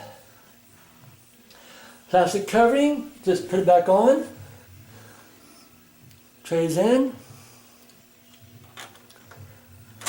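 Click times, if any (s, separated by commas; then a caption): none. After a tray-error repair on an Xbox 360 game console, the plastic front covering is being put back onto the disc drive tray while someone talks, with faint handling noises and a couple of brief knocks. Nothing has seated or clicked yet by the end of the clip.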